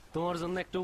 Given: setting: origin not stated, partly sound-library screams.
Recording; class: one-second piece from a danger detection set; normal situation